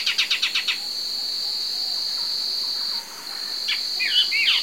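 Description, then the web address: Tawny-faced gnatwren recording: a quick run of about seven sharp notes, then a steady high drone, and a few thin chirps near the end. Eastern lowlands of South America. "Natures Songs S America Eastern Lowlands. Tawny-faced Gnatwren"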